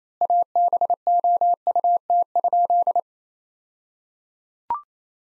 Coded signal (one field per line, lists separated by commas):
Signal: Morse code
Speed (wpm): 28 wpm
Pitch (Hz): 700 Hz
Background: none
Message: ABOUT?